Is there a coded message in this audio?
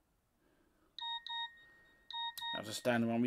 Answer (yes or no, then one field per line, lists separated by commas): no